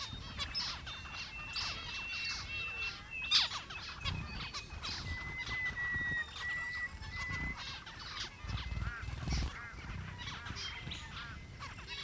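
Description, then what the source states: Zebra finches chattering nonstop, a mass of short nasal beeps and thin whistled notes over a constant background hiss. More than one zebra finch.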